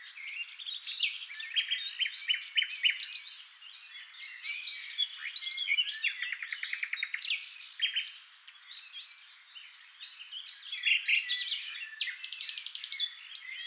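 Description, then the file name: Common nightingale song, a continuous layered flow of rapid trills, buzzy rattles and high thin whistles, with phrases overlapping and brief lulls. "NIGHTINGALE MIX"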